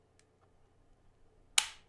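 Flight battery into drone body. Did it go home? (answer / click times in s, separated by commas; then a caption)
yes / 1.6 s. A flight battery is slid into the battery bay of a used drone. A few faint ticks come before it latches with a single sharp, loud click at 1.6 s that rings off briefly. The battery hits the tabs and is seated in place.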